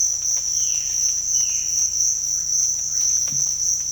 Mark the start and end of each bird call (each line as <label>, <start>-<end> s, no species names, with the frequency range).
bird call (2.0-3.8 kHz), 0.49-0.85 s
bird call (1.4-3.5 kHz), 1.33-1.90 s